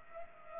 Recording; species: mosquito wingbeat signal from an infrared sensor; Culex pipiens